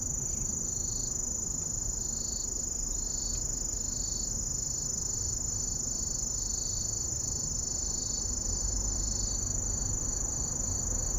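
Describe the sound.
Kusahibari cricket song, rapid high trilled pulses repeated steadily over a constant shrill ringing tone and low background hum.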